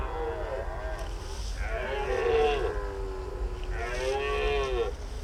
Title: Marais de Lavours -Béon, France - Brame diurne